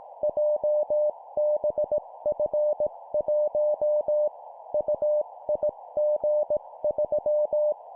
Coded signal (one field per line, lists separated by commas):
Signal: Morse code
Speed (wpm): 18 wpm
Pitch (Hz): 600 Hz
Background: none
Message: JBF1 UIG3